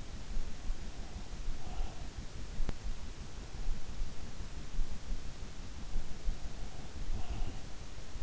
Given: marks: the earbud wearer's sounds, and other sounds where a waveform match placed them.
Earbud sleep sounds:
sounds in sleep by an in-ear microphone; breath
0.48-2.38 s: breath
6.16-8.23 s: breath

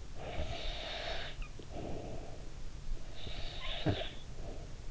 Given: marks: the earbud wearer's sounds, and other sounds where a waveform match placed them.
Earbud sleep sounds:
sounds in sleep by an in-ear microphone; breath, snoring breath
0.03-2.78 s: breath
3.15-4.91 s: snoring breath

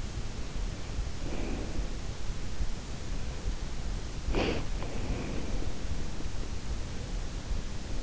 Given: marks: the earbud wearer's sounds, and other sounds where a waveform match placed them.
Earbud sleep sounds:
sounds in sleep by an in-ear microphone; breath
0.94-2.30 s: breath
3.85-6.37 s: breath

